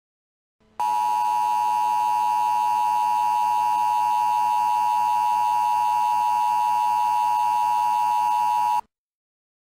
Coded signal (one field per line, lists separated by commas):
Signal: Emergency Alert System (SAME) tones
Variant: 853 and 960 Hz attention tone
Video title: top 3 south korean eas alarm